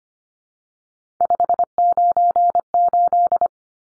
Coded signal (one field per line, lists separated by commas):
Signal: Morse code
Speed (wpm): 25 wpm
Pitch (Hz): 700 Hz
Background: none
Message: 598